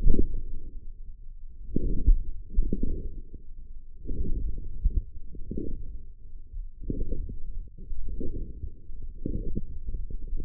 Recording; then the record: forearm muscle sounds (acoustic myography)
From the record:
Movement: forearm pronation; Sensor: system 1, eight BSWA MPA416 microphones around the upper forearm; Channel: 6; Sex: male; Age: 42 years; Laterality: right